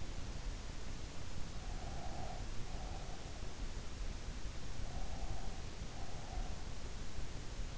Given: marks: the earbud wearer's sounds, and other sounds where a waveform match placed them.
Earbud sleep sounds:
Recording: sounds in sleep by an in-ear microphone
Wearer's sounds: breath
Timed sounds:
1.48-3.40 s: breath
4.75-6.63 s: breath

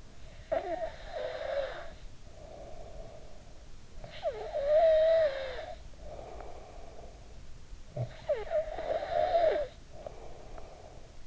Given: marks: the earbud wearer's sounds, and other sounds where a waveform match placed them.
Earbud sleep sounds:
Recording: sounds in sleep by an in-ear microphone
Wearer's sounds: snoring breath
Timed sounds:
0.00-3.69 s: snoring breath
3.83-7.58 s: snoring breath
7.70-11.27 s: snoring breath

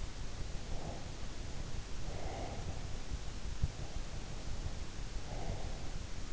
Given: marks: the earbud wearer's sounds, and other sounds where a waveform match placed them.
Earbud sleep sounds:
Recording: sounds in sleep by an in-ear microphone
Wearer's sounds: breath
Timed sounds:
0.51-2.85 s: breath
3.56-6.16 s: breath

